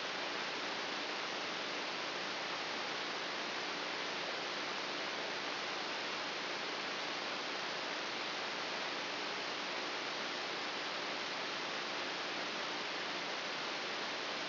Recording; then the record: brain microelectrode recording played as sound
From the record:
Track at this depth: outside the subthalamic nucleus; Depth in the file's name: 6.401 mm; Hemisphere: right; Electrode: 3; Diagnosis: Parkinson's disease